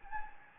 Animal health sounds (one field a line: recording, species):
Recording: mosquito wingbeat signal from an infrared sensor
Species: Anopheles gambiae